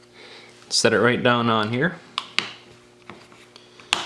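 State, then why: Seated. Someone talks as a plastic inner cover plate is set down over the logic board on a OnePlus One smartphone midframe and pressed so its clips snap in. Sharp clicks are heard at 2.2, 2.4 and 3.9 seconds as the cover seats in place.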